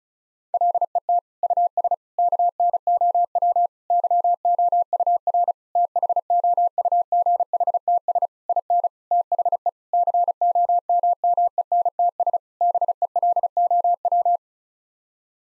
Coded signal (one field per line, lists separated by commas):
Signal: Morse code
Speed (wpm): 36 wpm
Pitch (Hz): 700 Hz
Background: none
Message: LET US KNOW YOUR THOUGHTS IN THE COMMENTS BELOW